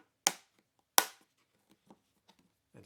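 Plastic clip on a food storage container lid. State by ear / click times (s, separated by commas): seated / 0.3 s, 1.0 s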